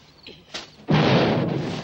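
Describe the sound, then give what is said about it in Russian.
A distant explosion erupts after a moment of near quiet, a sudden deep boom that rolls on as a loud, broad rumble, slowly easing but still sustained at the end. “Слышит вдалеке взрыв.”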